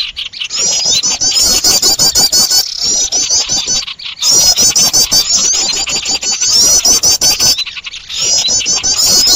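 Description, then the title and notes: Bird chorus of shrill, rapid chattering and squealing notes, with brief pauses, over a steady crackle of clicks. Noisy bird sounds (burung ribut), a long-duration master recording used for luring birds. "Burung Ribut Pikat"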